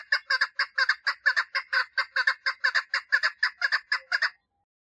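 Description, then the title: Partridge song: a fast, steady series of harsh, buzzy chuck notes, running for about four seconds and then stopping. "Perdiz Cantando"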